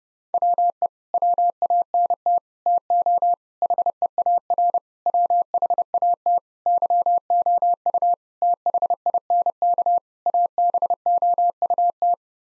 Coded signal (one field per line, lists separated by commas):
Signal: Morse code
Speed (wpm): 30 wpm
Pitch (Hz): 700 Hz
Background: none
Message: WE WANT TO HEAR WHAT YOU THINK ABOUT